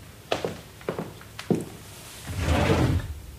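A few sharp wooden knocks and clunks, then a longer scraping slide as a drawer of a chest of drawers is pulled open and its contents are rustled through in a search for bed sheets.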